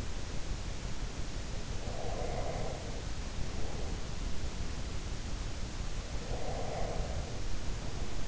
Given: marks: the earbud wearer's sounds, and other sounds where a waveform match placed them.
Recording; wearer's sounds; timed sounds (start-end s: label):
sounds in sleep by an in-ear microphone; breath
1.82-4.02 s: breath
6.20-8.27 s: breath